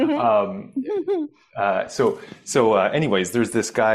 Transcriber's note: none